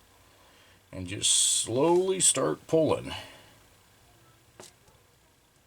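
A fuel hose is pulled slowly through the rubber grommet of the fuel tank on a 1968 Homelite XL-701AM chainsaw while someone talks, followed by a faint brief tick near 4.6 s. The hose has not popped through or seated yet.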